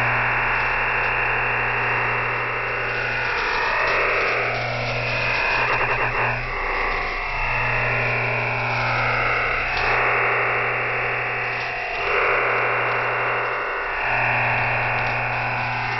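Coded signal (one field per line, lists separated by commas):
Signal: digital SSTV (DRM)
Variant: EasyDRF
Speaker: The constant buzzing sound of our EasyDRF broadcast begins in 5 seconds.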